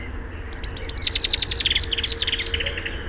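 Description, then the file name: Common blackbird call: a fast chattering series of high, thin notes, loud at first then fading and dropping slightly in pitch over about two and a half seconds. "Turdus merula"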